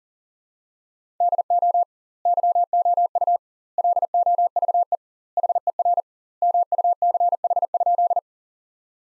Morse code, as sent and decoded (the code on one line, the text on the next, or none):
-.. --- / -.-- --- ..- / .-.. --- ...- . / .... . .-. / -- ..- -.-. .... ..--..
DO YOU LOVE HER MUCH?